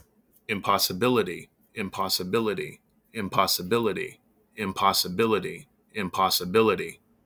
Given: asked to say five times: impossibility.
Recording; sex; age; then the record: repeated word; male; 40 to 49 years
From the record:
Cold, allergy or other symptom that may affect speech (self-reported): no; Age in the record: 46 years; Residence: North Carolina, United States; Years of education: 14